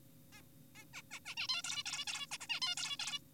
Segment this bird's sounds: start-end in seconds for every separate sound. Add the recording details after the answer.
0.33-0.42, 0.76-0.85, 0.94-1.02, 1.11-1.20, 1.26-1.35, 1.37-1.48, 1.49-1.62, 1.64-1.84, 1.86-2.05, 2.07-2.26, 2.32-2.38, 2.41-2.47, 2.50-2.60, 2.62-2.75, 2.77-2.97, 3.00-3.19. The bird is an adult. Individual g4p5U